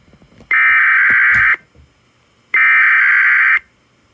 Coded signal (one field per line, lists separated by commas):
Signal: Emergency Alert System (SAME) tones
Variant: header bursts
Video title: Alot of tests and one FFW. EAS Alerts from 8/17/22